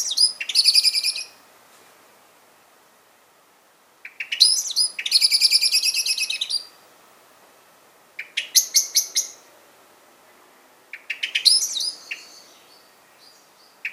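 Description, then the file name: Common blackbird giving dense, harsh chattering rattles alternating with shorter bursts of sharp chink notes, with quiet gaps between. "Turdus merula"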